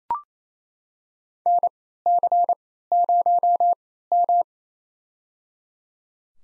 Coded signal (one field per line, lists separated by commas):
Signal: Morse code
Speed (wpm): 28 wpm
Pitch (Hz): 700 Hz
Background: none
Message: NC0M